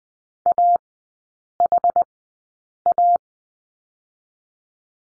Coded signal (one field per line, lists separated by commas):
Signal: Morse code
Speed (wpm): 20 wpm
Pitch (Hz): 700 Hz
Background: none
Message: AHA